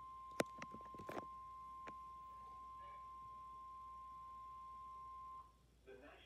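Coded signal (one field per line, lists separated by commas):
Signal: Emergency Alert System (SAME) tones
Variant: 1050 Hz attention tone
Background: speech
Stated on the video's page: Recorded EAS alerts.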